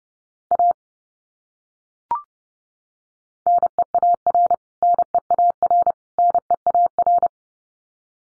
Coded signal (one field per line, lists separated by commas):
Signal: Morse code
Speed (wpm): 30 wpm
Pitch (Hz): 700 Hz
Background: none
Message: A NEAR NEAR NEAR